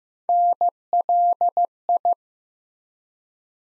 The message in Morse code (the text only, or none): NLI